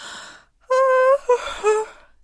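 A drawn-out vocal yawn imitated by a voice for a female character in an audiobook, yawning without embarrassment: a breathy intake, then a loud sustained tone that breaks briefly and slides downward in pitch before trailing off into soft breath.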